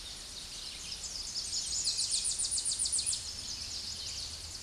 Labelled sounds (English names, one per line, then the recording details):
Tennessee Warbler song
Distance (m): 40 m
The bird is about 30 m above the microphone
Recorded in a Pennsylvania forest on 16 May 2024 at 08:27
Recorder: AudioMoth, point MSD-2143
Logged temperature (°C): 16.0 °C
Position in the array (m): 57 m, 174 m